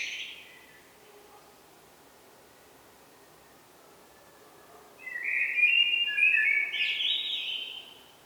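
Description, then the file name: Common blackbird: the tail of one phrase at the start, several seconds of near quiet, then a full mellow warble with squeaky higher notes. "Turdus merula"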